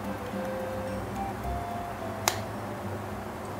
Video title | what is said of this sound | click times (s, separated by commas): Nostalgia: UNBOXING Mainan Legend Robot Transformer F1 Jadul Tahun 1990 - Generasi 80an 90an | Sampai bunyi klek. | 2.3 s